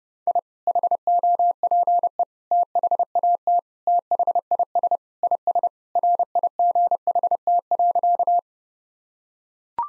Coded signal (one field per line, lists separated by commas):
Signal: Morse code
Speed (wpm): 30 wpm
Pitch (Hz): 700 Hz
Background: none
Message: I HOPE THAT THIS IS RIGHT.